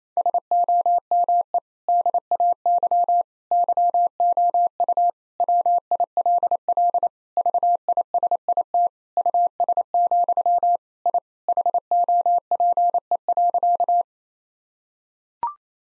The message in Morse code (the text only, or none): SOME DAY YOU WILL VISIT US, I HOPE.